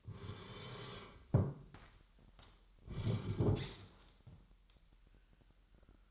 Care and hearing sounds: daily activity, microphone in the room; sit down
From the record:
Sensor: 3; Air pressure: 998.4 hPa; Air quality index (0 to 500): 128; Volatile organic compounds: 3 ppm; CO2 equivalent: 1534 ppm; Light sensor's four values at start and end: 11/23/10/12 and 9/21/9/9

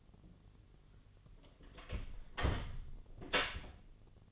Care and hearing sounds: daily activity, microphone in the room; close door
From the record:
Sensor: 4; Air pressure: 1007.9 hPa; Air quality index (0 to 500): 188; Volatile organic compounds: 6 ppm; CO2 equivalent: 1885 ppm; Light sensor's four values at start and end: 23/72/27/26 and 23/74/28/27

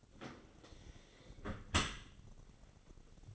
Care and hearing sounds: daily activity, microphone in the room; close dishwasher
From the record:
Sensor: 4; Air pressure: 1003.9 hPa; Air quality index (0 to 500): 152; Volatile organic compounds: 2 ppm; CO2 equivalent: 1085 ppm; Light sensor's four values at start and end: 22/54/22/24 and 22/52/22/23

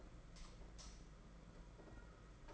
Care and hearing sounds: daily activity, microphone in the room; light off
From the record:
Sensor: 5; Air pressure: 992.1 hPa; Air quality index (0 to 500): 201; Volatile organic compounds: 1000 ppm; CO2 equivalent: 5792 ppm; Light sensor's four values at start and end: 8/20/8/9 and 8/18/7/8

